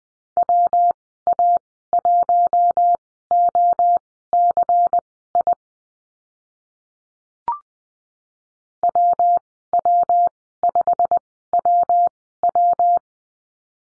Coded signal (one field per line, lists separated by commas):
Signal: Morse code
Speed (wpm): 20 wpm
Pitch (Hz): 700 Hz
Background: none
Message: WA1OCI WW5WW